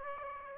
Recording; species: mosquito wingbeat signal from an infrared sensor; Aedes aegypti